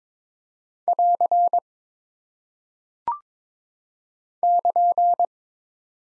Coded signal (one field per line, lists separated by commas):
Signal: Morse code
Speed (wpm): 22 wpm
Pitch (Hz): 700 Hz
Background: none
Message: <AR> <KN>